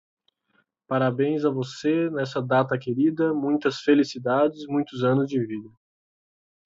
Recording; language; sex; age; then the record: short text; Brazilian Portuguese; male; 20 to 29 years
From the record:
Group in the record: control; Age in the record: 28 years